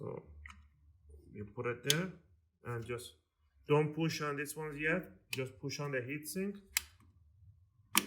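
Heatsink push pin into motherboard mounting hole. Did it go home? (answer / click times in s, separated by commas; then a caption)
yes / 8.0 s. A CPU heatsink is pushed down onto the motherboard so its plastic push pins snap into the mounting holes while someone talks. A loud, sharp click at 8.0 seconds marks a push pin seating home.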